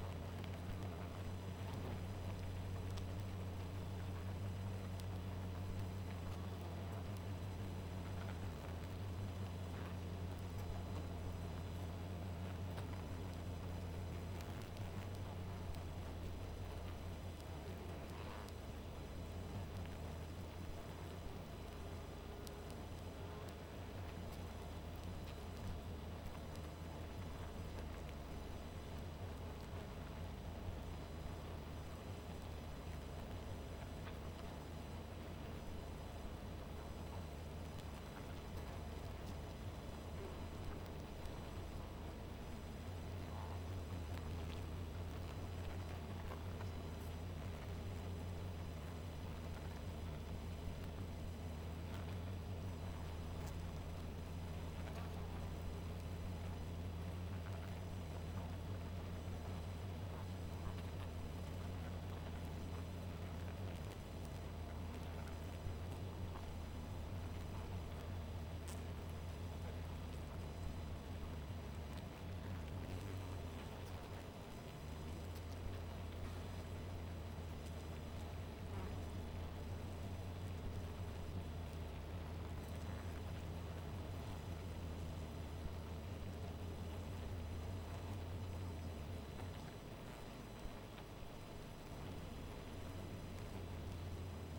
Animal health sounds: honeybee colony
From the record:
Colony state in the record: missing queen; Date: 14 July 2017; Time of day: 1:33

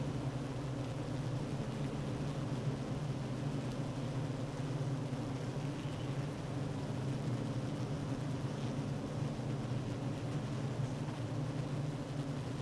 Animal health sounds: honeybee colony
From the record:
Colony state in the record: active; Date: 12 June 2018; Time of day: 9:39

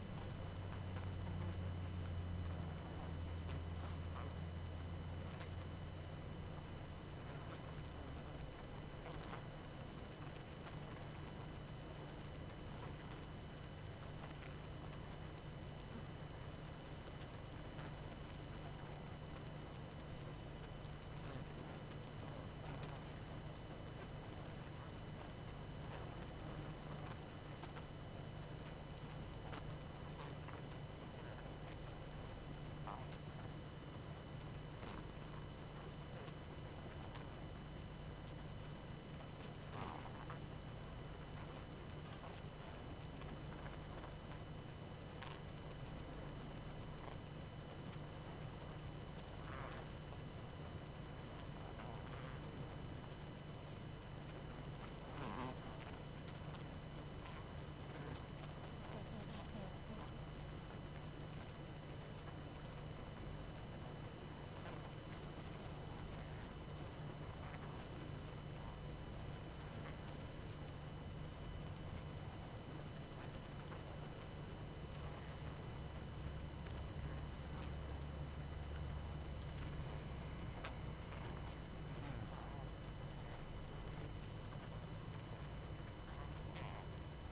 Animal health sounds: honeybee colony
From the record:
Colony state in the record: active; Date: 12 June 2018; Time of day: 22:14

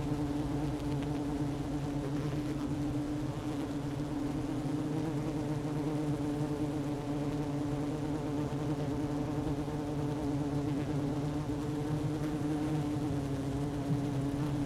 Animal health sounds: honeybee colony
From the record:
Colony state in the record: active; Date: 12 June 2018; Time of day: 11:28

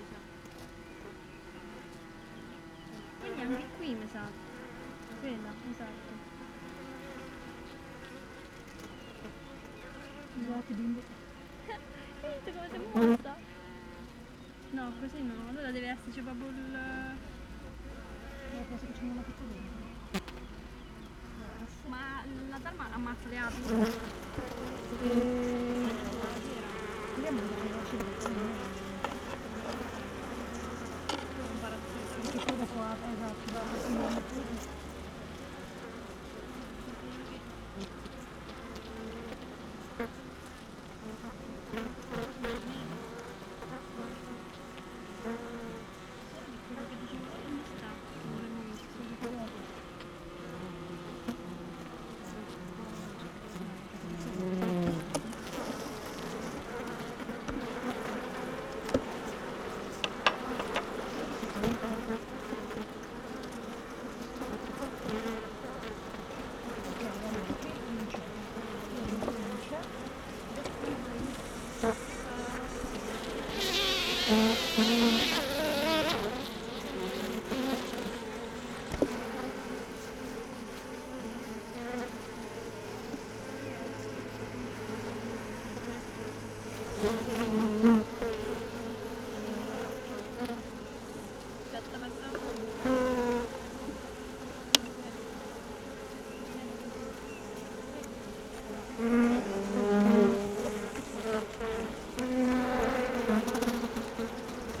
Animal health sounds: honeybee colony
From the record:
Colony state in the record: missing queen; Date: 31 May 2018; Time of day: 16:15

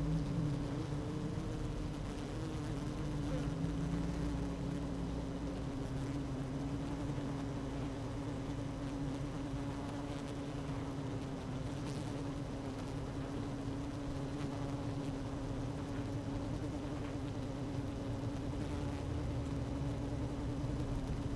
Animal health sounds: honeybee colony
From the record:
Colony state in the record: active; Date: 12 June 2018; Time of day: 16:08

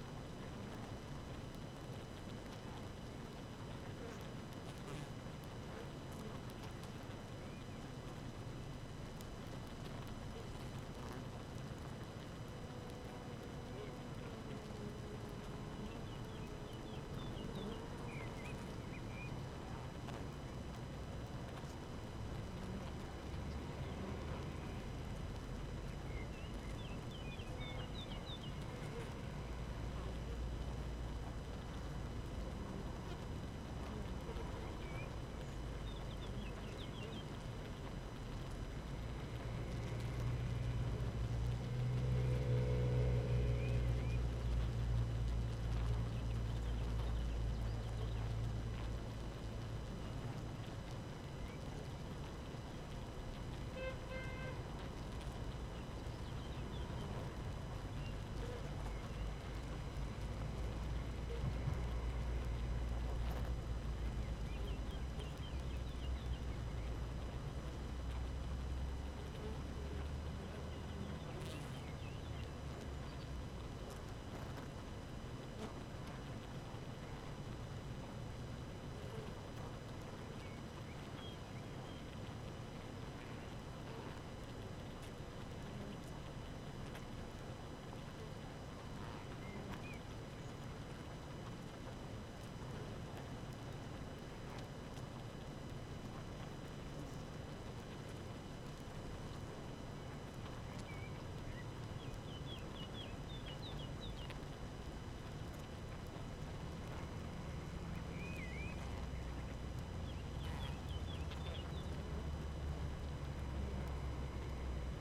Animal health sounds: honeybee colony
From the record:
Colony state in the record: active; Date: 12 June 2018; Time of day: 5:37

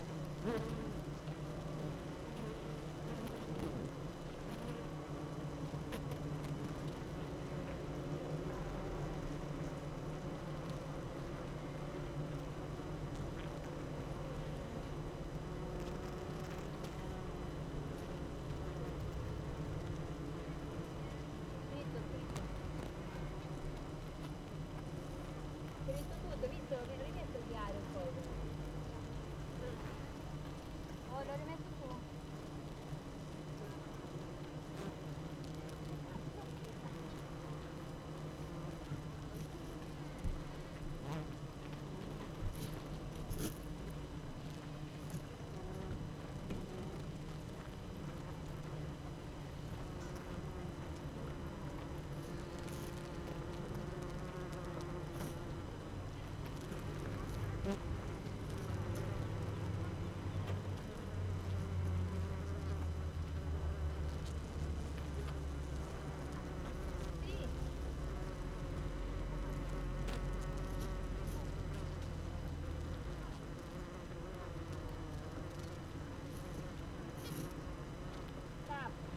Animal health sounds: honeybee colony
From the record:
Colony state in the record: active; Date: 12 June 2018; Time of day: 8:00

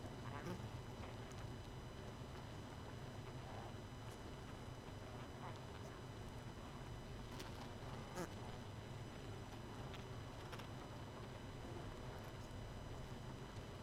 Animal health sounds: honeybee colony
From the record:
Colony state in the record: missing queen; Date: 31 May 2018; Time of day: 23:35

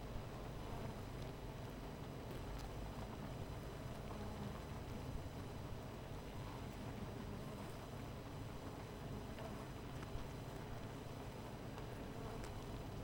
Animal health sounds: honeybee colony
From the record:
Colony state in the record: missing queen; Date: 14 July 2017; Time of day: 16:54

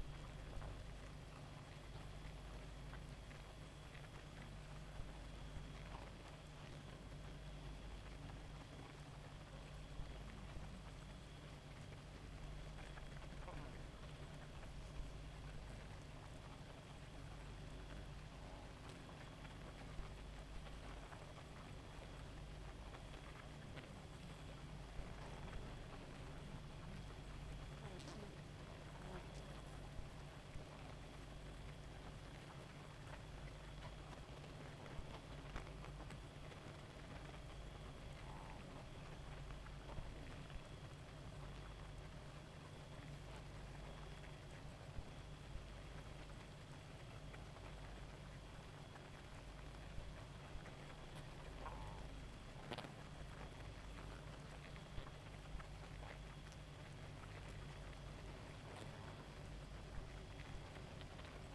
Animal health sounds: honeybee colony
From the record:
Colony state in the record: active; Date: 28 July 2017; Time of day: 1:22

